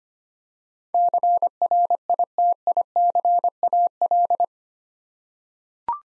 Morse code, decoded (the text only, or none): CRITICAL